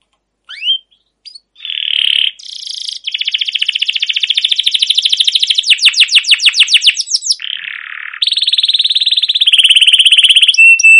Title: CUIT CUIT NGEROL LANGSUNG GACOR PANJANG Kenari Ini AMPUH Utk Pancingan KENARI